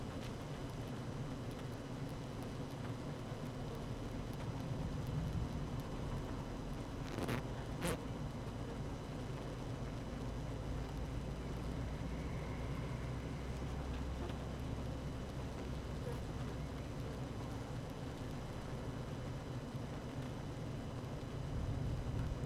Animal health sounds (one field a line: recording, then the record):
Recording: honeybee colony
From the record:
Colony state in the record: active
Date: 12 June 2018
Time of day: 12:30